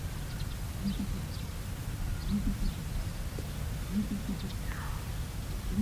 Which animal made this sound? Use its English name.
Abyssinian Ground Hornbill